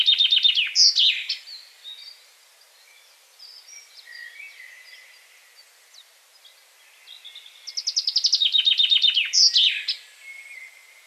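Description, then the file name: Common chaffinch song heard twice: the end of one phrase, then after a lull a fresh descending trill finishing in an emphatic flourish. "Fringilla coelebs"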